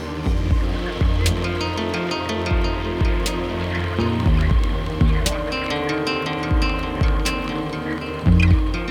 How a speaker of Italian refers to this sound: Adesso qui c'è un assolo di chitarra portoghese nata con e per il fado.